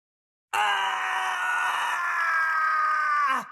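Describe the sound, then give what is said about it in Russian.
A champion struck by chaos lets out a single long, wild, maddened scream that echoes through a hall with a cold stone floor, loud and strained with a rough, harmonic-rich tone, holding steady for about three seconds before its pitch sags and it cuts off abruptly. “Дикий, полный безумия крик разнесся по залу, оставляя эхо.”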